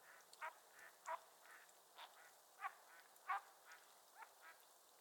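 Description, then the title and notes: Mallard quacks, a run of several short nasal calls, some louder than others, over a steady hiss. Raft of at least 100 Mallards on the water of Otter Creek, Sleeping Bear Dunes National Lakeshore, very talkative during heavy snow, 26 January 2023, 10:00 AM. "A Morning on Otter Creek with a Raft of Ducks. a raft of Mallard Ducks. Nature is my Jam"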